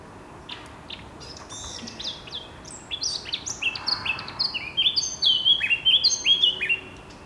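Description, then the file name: Eurasian blackcap song: a quiet scratchy warble building into loud, clear fluting whistles that rise and fall, delivered as a rapid run of varied notes over faint background hiss. "Sylvia atricapilla"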